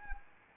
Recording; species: mosquito wingbeat signal from an infrared sensor; Anopheles arabiensis